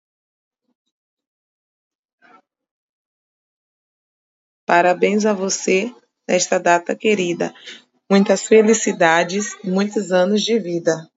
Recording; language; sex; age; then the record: short text; Brazilian Portuguese; female; 30 to 39 years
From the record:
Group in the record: control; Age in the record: 31 years